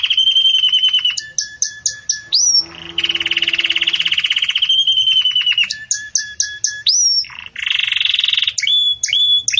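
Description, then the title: Canary song: a long varied run of fast trills and rattles, clipped repeated notes, rising whistled slides and a dense buzzy rolling passage, loud and continuous. Belgian canary song, described as campainha, used for breeding chicks to learn from. "Belíssimo Canto Do Canário Belga Campainha Para Encarte De Filhotes"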